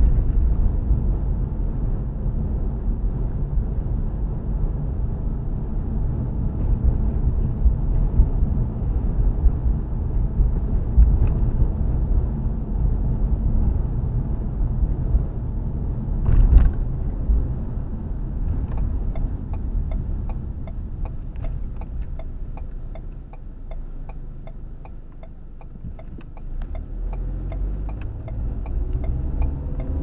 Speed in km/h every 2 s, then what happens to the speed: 37, 39, 40, 42, 42, 42, 42, 39, 35, 26, 13, 3, 2, 10, 18.
0-12 steady at about 42. 12-23 brakes to 2. 23-30 speeds up to 18.